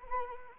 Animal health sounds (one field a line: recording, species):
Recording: mosquito wingbeat signal from an infrared sensor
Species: Anopheles arabiensis